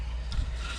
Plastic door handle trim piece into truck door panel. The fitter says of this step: pop it back on there and it snaps right into place because